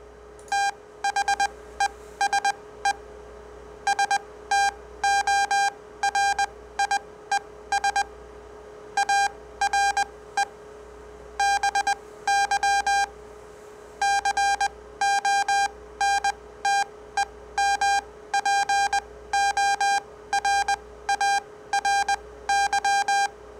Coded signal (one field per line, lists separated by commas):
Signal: Morse code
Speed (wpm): 20 wpm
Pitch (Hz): 800 Hz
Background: none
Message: THESE STORIES ARE BY CONTEMPORARY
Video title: COPYING MORSE CODE With Various Waveforms - Experiment